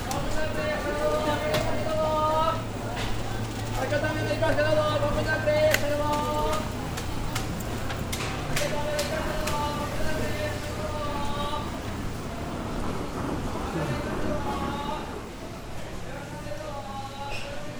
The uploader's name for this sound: Nishiki Market (錦市場), Kyoto, Japan